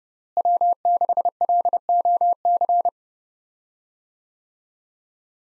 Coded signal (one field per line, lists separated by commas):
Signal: Morse code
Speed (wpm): 30 wpm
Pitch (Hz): 700 Hz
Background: none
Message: W6LOC